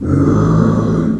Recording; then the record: squeal of a Yucatan mini pig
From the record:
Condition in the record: after surgery on the right vocal fold (resection and tissue-engineered implant); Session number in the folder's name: 7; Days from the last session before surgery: 47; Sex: female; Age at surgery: 19 weeks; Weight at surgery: 25 kg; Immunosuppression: prednisolone